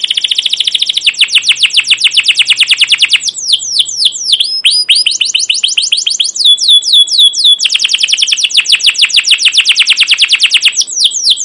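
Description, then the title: Canary song: a fast chattering trill, then slurred downward whistles and back into rapid chirping trills, continuous and loud throughout. Captive canary with a long chirping song, used as a lure to train young canaries to learn sounds. "CUIT CUIT NGEROL LANGSUNG GACOR PANJANG Kenari Ini AMPUH Utk Pancingan KENAR"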